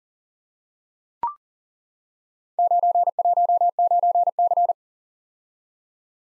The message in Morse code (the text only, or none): 919C